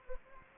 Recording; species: mosquito wingbeat signal from an infrared sensor; Anopheles gambiae